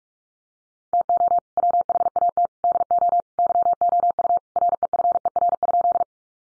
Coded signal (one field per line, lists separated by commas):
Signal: Morse code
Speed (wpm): 44 wpm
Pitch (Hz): 700 Hz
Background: none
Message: TO WHAT DO YOU REFER?